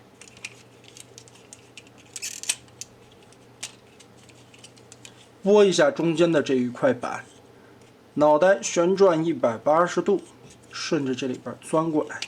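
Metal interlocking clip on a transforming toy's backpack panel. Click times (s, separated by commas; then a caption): 2.5 s. During a transforming robot toy's conversion, the metal interlocking clip on the side of the backpack section is pressed closed, with small sharp plastic-and-metal ticks and clicks over the first four seconds. The clip snaps shut at 2.5 s, and then someone talks.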